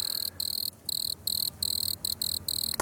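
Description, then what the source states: Wood cricket song, a high, purring trill in uneven bursts separated by brief pauses. Widespread in the Netherlands, heard especially well on dry sandy soils.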